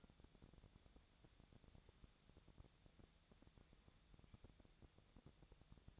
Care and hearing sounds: daily activity, microphone in the room; wipe stove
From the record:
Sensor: 3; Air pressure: 1000.5 hPa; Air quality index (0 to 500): 176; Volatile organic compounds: 3 ppm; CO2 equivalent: 1522 ppm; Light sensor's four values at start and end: 13/31/13/14 and 13/31/13/14

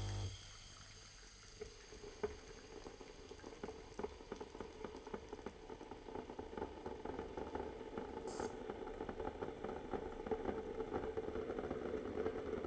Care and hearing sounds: daily activity, microphone in the room; make coffee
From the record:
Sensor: 4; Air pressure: 1002.9 hPa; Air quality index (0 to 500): 245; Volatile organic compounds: 19 ppm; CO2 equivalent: 2664 ppm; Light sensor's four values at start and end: 4/10/4/4 and 4/10/4/4

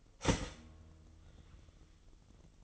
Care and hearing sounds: daily activity, microphone in the room; start toaster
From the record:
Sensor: 4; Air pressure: 1002.9 hPa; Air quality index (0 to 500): 241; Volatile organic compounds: 18 ppm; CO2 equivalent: 2618 ppm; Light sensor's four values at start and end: 18/60/22/21 and 18/61/23/22

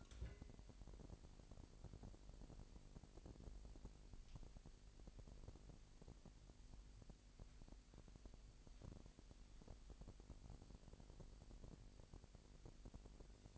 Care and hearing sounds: daily activity, microphone in the room; take from stove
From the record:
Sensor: 5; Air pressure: 1002.0 hPa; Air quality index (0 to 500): 303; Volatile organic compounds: 40 ppm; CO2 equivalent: 3145 ppm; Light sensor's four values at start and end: 20/43/19/21 and 20/43/19/22

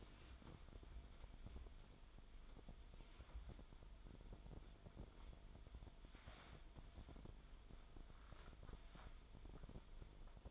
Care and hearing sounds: daily activity, microphone in the room; wipe stove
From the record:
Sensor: 5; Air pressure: 1003.4 hPa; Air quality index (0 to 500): 143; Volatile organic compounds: 2 ppm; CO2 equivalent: 1040 ppm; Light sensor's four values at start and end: 33/73/33/38 and 32/71/32/37

